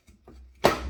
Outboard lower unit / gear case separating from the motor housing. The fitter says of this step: There we are. You hear it pop?